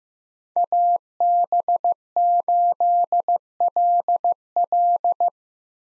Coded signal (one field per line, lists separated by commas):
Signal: Morse code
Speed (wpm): 15 wpm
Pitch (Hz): 700 Hz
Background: none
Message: AB8LL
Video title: 2023 POTA Hunter Call Signs - 15wpm